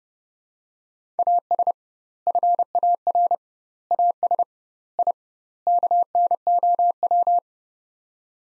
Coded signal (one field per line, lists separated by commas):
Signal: Morse code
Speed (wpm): 30 wpm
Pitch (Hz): 700 Hz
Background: none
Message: AS FAR AS I KNOW